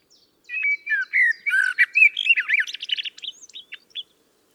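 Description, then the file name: Common blackbird song: one rich phrase of low fluty whistled notes that breaks into a squeaky high twitter and stops after about three and a half seconds. "Turdus merula"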